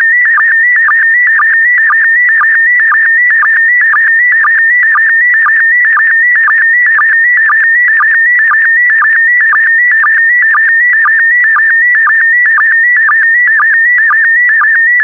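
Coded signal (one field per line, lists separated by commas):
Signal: SSTV (slow-scan television)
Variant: PD120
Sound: continuous warbling tone around 2 kHz with rapid regular low chirps, twice a second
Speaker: Get ready. Starting transmission in 5, 4, 3, 2, 1. Transmission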